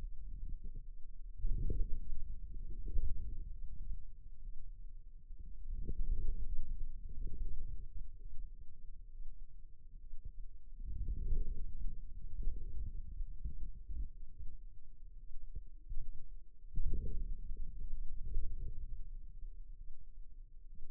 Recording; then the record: forearm muscle sounds (acoustic myography)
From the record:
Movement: inward rotation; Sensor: system 2, bracelet of six BSWA MPA416 microphones around the upper forearm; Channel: 6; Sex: male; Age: 22 years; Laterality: right